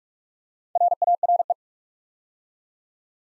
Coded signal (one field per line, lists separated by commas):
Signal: Morse code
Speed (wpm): 44 wpm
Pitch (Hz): 700 Hz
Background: none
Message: RARE